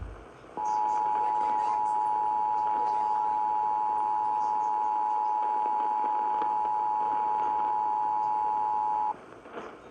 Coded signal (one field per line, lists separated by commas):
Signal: Emergency Alert System (SAME) tones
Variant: 853 and 960 Hz attention tone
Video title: 🚫ne Missing Station… (EAS Alerts from 1/9/23) (EAS #697-721)